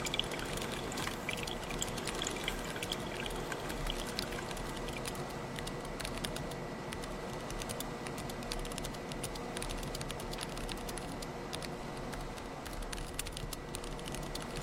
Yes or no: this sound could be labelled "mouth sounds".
no